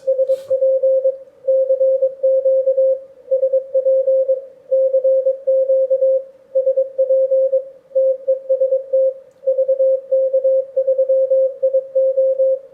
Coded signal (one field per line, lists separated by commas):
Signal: Morse code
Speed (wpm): 23 wpm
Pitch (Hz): 530 Hz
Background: none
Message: SP CQ SP CQ SP TEST VK3IO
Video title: Project 160M - PART III (final instalment)@TheArtofEngineering